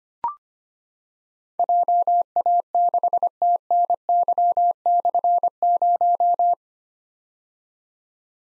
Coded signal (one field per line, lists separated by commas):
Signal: Morse code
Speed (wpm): 25 wpm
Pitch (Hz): 700 Hz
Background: none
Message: JA6TNY/0